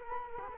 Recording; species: mosquito wingbeat signal from an infrared sensor; Culex quinquefasciatus